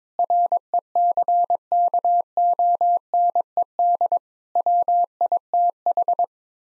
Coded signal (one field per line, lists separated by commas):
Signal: Morse code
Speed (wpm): 22 wpm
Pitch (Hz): 700 Hz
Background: none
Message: RECKONED WITH